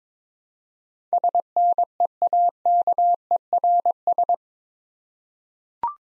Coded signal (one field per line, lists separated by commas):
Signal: Morse code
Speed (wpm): 22 wpm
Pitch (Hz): 700 Hz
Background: none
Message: SNEAKERS